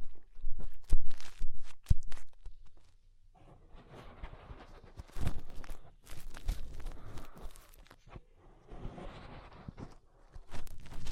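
Fingers rub and scrape inside the ear, making crunchy, crackling bursts and muffled thumps. The first few seconds are dense with sharp clicks and low thuds, then the sound turns to softer, scratchy rustling in uneven waves, with brief pauses and a few louder pops.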